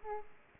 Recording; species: mosquito wingbeat signal from an infrared sensor; Aedes aegypti